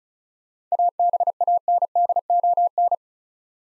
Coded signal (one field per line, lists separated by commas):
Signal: Morse code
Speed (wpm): 36 wpm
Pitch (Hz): 700 Hz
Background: none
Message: ABANDON